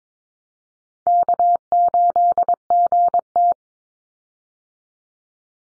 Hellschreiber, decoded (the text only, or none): none